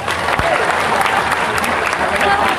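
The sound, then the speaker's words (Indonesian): Steady audience applause, a dense wash of many hands clapping at a constant, fairly loud level with no pauses, with a few sharper individual claps standing out. “Tepuk tangan dan ini dicongkon.”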